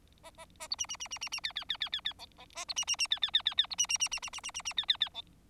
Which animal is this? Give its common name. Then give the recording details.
Bengalese Finch. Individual Bird4